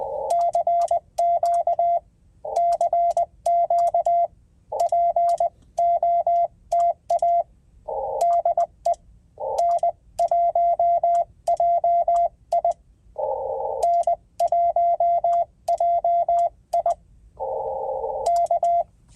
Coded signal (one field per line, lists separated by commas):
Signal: Morse code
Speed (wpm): 20 wpm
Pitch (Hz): 690 Hz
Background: radio noise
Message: CQ CQ POTA DE N1JI N1JI K